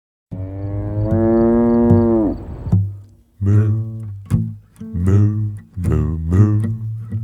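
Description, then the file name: Cow mooing: one long, drawn-out low moo, then a series of shorter, repeated moos in the second half. "Kuh"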